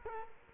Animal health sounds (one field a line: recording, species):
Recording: mosquito wingbeat signal from an infrared sensor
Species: Culex quinquefasciatus